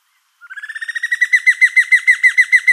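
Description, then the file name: Giant antshrike calling: a rapid series of downslurred notes, steadily growing louder after a brief silence at the start. "suara giant antshrike. omkicau"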